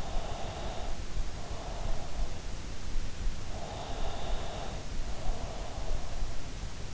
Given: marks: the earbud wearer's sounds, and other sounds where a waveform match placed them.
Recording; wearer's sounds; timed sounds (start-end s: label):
sounds in sleep by an in-ear microphone; breath
0.00-2.28 s: breath
3.43-6.06 s: breath